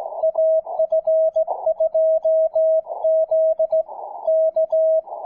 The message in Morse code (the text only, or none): AF2Z K